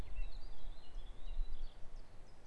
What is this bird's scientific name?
Phylloscopus collybita